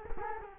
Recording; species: mosquito wingbeat signal from an infrared sensor; Culex quinquefasciatus